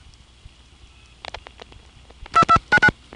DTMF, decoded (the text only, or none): 2299